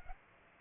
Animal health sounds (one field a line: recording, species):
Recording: mosquito wingbeat signal from an infrared sensor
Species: Aedes aegypti